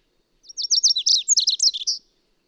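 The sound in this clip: Bird song: one fast, high phrase of sharp downslurred notes, starting with quick repeated chips and ending in a jumbled twittering flourish, lasting about a second and a half.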